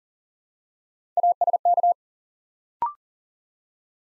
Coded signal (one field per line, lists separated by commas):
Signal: Morse code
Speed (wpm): 42 wpm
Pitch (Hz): 700 Hz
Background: none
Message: ASK